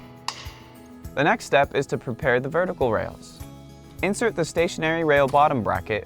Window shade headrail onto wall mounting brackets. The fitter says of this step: In one motion, push up and back until you hear it click into place on the brackets.